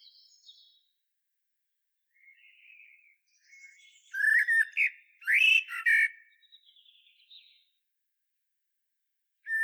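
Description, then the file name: Common blackbird song: faint high twitters, then loud fluty whistled phrases near the middle, followed by squeaky trailing notes, with another phrase starting at the very end. "Turdus merula"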